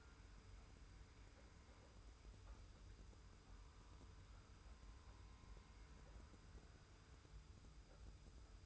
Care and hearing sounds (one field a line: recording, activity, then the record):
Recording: daily activity, microphone in the room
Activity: wipe stove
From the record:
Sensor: 2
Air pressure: 991.4 hPa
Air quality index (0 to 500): 152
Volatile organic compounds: 481 ppm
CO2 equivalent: 4794 ppm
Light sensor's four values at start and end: 39/111/44/42 and 39/111/44/42